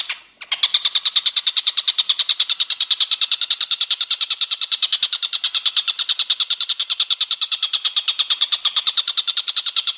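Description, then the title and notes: Bird song: after a brief opening sound, a steady run of sharp, high chirps continues unbroken. Masteran compilation of bird song, used as training for caged songbirds. "Kumpulan Masteran Burung"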